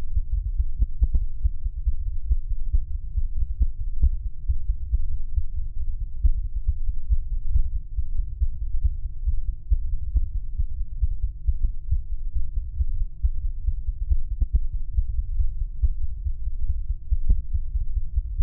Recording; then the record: fetal heart sounds by stethoscope on the mother's abdomen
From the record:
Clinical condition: bleeding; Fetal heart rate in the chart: 148 bpm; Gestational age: 34 weeks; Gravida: 3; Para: 1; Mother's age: 23 years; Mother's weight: 49 kg